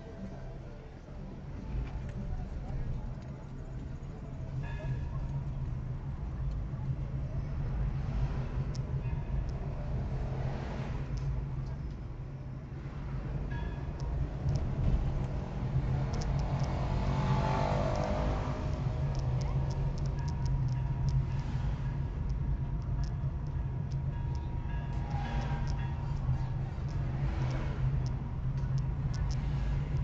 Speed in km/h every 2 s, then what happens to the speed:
8, 16, 21, 20, 23, 22, 23, 27, 25, 23, 24, 22, 21, 23, 24.
0-3 speeds up to 21. 3-30 steady at about 23.